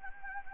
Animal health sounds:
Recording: mosquito wingbeat signal from an infrared sensor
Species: Anopheles gambiae

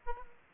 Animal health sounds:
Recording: mosquito wingbeat signal from an infrared sensor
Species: Aedes aegypti

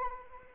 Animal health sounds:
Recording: mosquito wingbeat signal from an infrared sensor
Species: Anopheles arabiensis

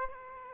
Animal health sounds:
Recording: mosquito wingbeat signal from an infrared sensor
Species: Aedes aegypti

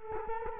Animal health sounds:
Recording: mosquito wingbeat signal from an infrared sensor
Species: Culex quinquefasciatus

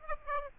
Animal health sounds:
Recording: mosquito wingbeat signal from an infrared sensor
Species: Aedes aegypti

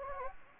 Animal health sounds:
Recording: mosquito wingbeat signal from an infrared sensor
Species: Anopheles gambiae

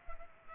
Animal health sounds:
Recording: mosquito wingbeat signal from an infrared sensor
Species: Culex pipiens

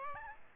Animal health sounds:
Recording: mosquito wingbeat signal from an infrared sensor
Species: Aedes albopictus

